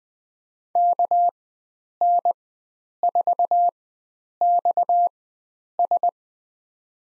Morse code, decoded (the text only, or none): KN4XS